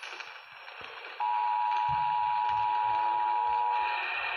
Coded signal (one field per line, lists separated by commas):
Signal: Emergency Alert System (SAME) tones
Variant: 853 and 960 Hz attention tone